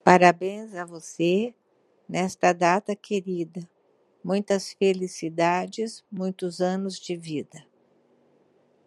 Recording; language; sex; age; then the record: short text; Brazilian Portuguese; female; 60 to 69 years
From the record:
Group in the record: control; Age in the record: 66 years